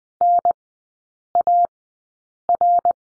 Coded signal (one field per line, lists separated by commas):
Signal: Morse code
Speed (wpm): 20 wpm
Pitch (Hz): 700 Hz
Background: none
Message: NAR